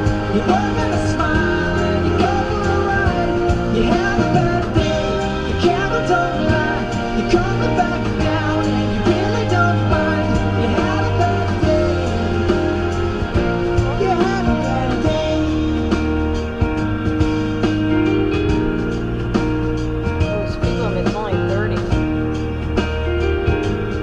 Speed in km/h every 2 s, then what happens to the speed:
72, 72, 72, 71, 69, 68, 68, 69, 68, 69, 68, 66.
0-24 steady at about 69.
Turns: none.